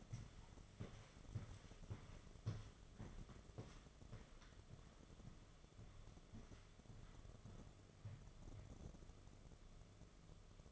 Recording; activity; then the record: daily activity, microphone in the room; walk to room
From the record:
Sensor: 4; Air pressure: 1011.2 hPa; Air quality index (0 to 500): 133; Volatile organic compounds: 3 ppm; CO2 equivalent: 1367 ppm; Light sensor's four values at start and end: 176/455/195/202 and 206/533/229/239